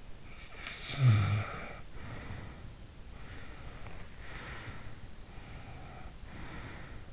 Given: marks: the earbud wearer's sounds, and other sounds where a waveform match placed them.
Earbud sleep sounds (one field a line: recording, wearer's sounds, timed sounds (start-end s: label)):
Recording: sounds in sleep by an in-ear microphone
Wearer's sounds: snoring breath, breath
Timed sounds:
0.25-3.00 s: snoring breath
3.00-5.08 s: breath
5.34-7.13 s: breath